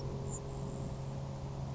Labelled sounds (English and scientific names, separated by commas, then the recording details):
Grasshopper Sparrow (Ammodramus savannarum)
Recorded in Sonoma County, California